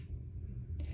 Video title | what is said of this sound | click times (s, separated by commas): OnePlus Watch 2 - Watch me unbox it! 🔥 | snaps in place. | 0.8 s